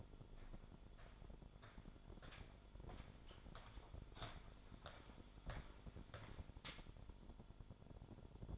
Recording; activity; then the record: daily activity, microphone in the room; walk to room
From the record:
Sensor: 5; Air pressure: 1008.3 hPa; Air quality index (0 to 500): 123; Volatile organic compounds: 1 ppm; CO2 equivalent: 944 ppm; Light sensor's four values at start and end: 34/79/32/31 and 34/77/31/31